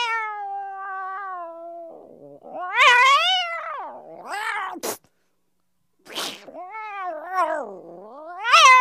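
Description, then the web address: Cat giving drawn-out wavering meows, a long steady cry then rising and falling wails, with a sharp click and a brief pause before the calls resume. "animals cat"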